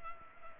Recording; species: mosquito wingbeat signal from an infrared sensor; Culex pipiens